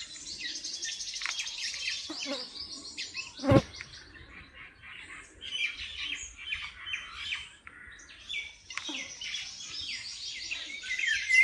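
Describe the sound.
Bird song, a stream of high chirps and twitters, with one sharp click partway through.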